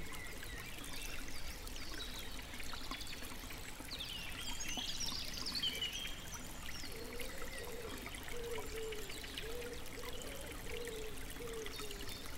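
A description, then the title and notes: A gentle stream flows steadily through the woods, a dense, even trickle and babble that never lets up. Birds chirp and whistle above it, busiest around four to six seconds, while a low repeating warble joins from about seven seconds on. Gentle Flowing River with Birds.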